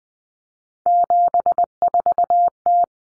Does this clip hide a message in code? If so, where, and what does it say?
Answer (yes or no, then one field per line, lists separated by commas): yes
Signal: Morse code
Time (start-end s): 0.9-2.8 s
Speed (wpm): 20 wpm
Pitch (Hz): 700 Hz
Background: none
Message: 74T